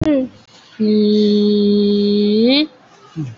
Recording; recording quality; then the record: sustained vowel as in beet; excellent, no background noise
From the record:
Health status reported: COVID-19 positive, mild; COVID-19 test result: positive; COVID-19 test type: RT-PCR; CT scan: not taken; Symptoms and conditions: cough, fatigue, hypertension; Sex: female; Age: 75 years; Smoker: no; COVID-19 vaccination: one dose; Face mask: worn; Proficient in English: no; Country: India